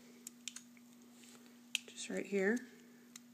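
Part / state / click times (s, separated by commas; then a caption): camera assembly connector into phone logic board socket / not seated / none. The camera assembly's ribbon connector is handled over its socket on the logic board of an iPhone 3G or 3GS during a dock assembly replacement, and nothing has seated or clicked yet. Several short, sharp taps and ticks are heard, the loudest at about 1.8 s, over a steady low hum, and someone talks briefly near the end.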